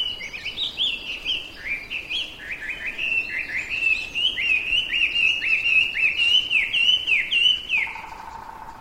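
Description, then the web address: Chinese hwamei song: loud, varied whistles delivered in quick repeated slurs and trills for the whole stretch, with a low steady hum appearing near the end. "abarazemi Hwamei"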